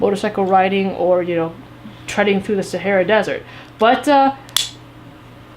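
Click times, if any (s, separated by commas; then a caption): 4.6 s. Someone talks while fastening the plastic sternum-strap clasp on a Grip EQ A14 disc golf backpack, pressing the chest strap buckle into its mating half. A single sharp click is heard at 4.6 s. The clasp seats and is judged functional because of the good, clear click.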